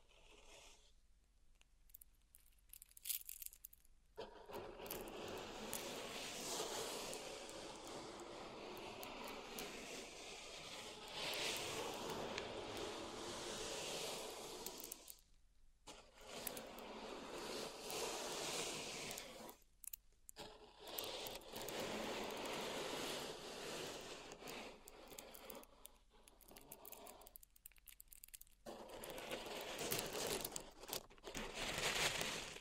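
Pink salt is raked and scraped through a zen garden in long, dense, gritty strokes with a crisp, hissy texture. After a quiet start, the scraping runs nearly continuously, broken by brief pauses around 15, 20 and 28 seconds, and grows louder near the end.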